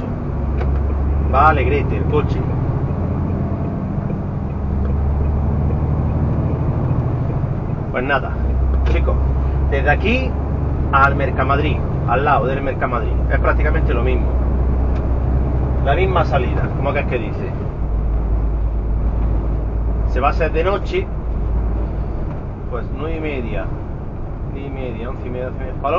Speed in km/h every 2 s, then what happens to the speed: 35, 42, 45, 50, 53, 57, 59, 63, 68, 70, 72, 72, 68.
0-20 speeds up to 72. 20-26 steady at about 72.